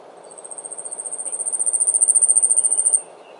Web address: yabusame 短尾鶯